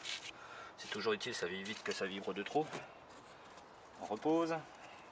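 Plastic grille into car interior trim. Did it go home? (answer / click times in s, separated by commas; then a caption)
no / none. A plastic grille lined with foam window-seal strip, fitted to stop it vibrating, is handled while being refitted into the interior trim of a DS3 during insulation of the bass enclosure; it clips in by itself with no force needed. Someone talks over faint rubbing and handling noises. Nothing has seated or clicked yet.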